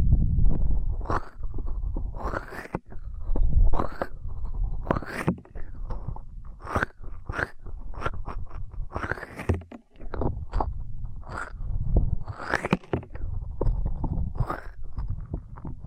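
Intense ear-cleaning sounds fill the clip: a dense, low rumbling rub underneath a constant stream of sharp crackles and scratchy bursts, several each second. The clicks are crisp and bright, popping up irregularly throughout, with a few louder surges and brief quieter gaps.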